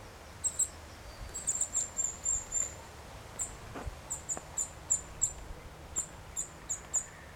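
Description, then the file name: Eurasian nuthatch giving thin, very high call notes in quick irregular runs, with a few soft clicks and low background rumble. "Sitta europaea"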